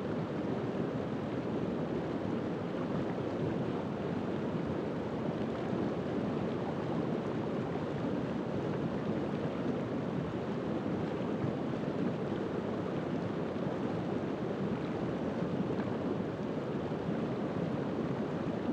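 A river rushes steadily through the night, a dense, unbroken wash of water with a strong low and middle body and a softer hiss above. The level holds constant across the whole stretch, with no distinct splashes or other sounds standing out.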